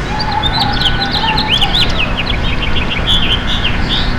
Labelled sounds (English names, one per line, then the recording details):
House Finch song
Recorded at Bay Shore on Long Island, New York, on 29 May 2013
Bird H